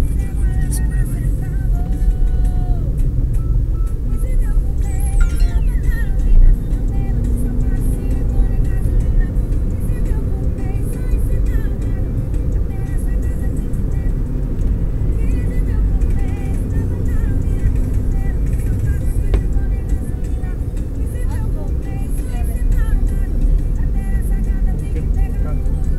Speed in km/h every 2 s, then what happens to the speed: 52, 49, 54, 64, 73, 74, 74, 73, 72, 69, 60, 59, 59.
3-9 speeds up to 74. 9-16 steady at about 73. 16-21 slows to 59.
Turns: none.